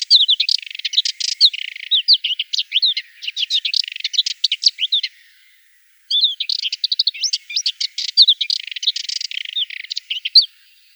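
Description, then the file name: Subalpine warbler: two long bursts of rapid, scratchy warbling full of squeaky chirps and short slurred notes, split by a brief gap. "Slavka belousaja"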